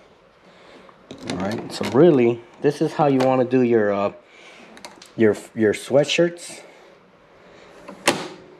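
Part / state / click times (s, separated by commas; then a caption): embroidery hoop onto embroidery machine arm / seated / 8.1 s. Someone talks while a hooped sweater's embroidery hoop is pushed onto the embroidery machine's hoop arm. A sharp click at 8.1 s marks the hoop locking in place, seated on the arm.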